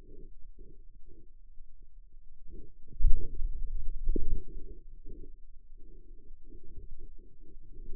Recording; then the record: forearm muscle sounds (acoustic myography)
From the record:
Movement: finger pinch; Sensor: system 2, bracelet of six BSWA MPA416 microphones around the upper forearm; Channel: 5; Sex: male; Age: 22 years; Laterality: right